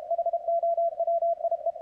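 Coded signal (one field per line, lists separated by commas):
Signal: Morse code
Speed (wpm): 34 wpm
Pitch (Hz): 660 Hz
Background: radio noise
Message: HOWIE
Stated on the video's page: CWT contest operation on 80 m.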